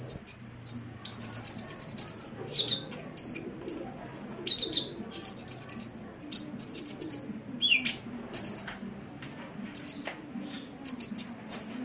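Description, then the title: Oriental magpie-robin song: sustained high trilled whistles and a few lower notes, phrases separated by short gaps. "Kicau Kacer"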